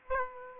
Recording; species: mosquito wingbeat signal from an infrared sensor; Aedes aegypti